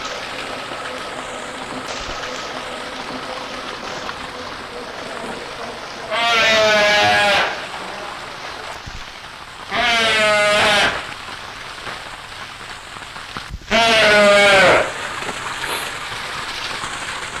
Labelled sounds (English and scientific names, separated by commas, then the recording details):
Brown Fur Seal (Arctocephalus pusillus) call
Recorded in captivity
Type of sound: call
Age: juvenile
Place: Zoo Berlin, Berlin, DE
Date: 1986-02-07 11:20
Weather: sunny, -10°C
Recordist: Tembrock, Günter
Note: Zwergseebär (geb.: 11.5.1985). Langlaute und Menschenlachen